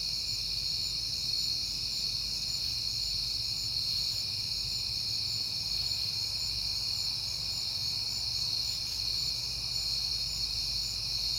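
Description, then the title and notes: Many crickets trilling together in a steady high-pitched wash of sound, a gentle low drone persisting throughout. Crickets recorded at night in September, on a peaceful night. "Night Time: Crickets and Passing Cars. It is September and I have been hearing the crickets a lot, but finally had a peaceful night to make the recording"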